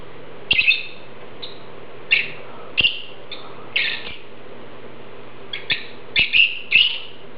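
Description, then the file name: Lovebird chirps, sharp squeaky high notes, scattered and then bunched into a quick run toward the end. "Prostaya fauna Golosa ptic - Nerazluchniki lat Agapornis (Zvyki com)"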